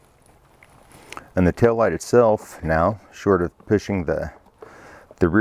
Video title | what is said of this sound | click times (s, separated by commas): Installing the Metalcloak Taillights on a Jeep TJ - Part 2 of 2- The Passengers Side - This Old TJ | seal at the front in place. Snap that in. | 1.1 s, 1.2 s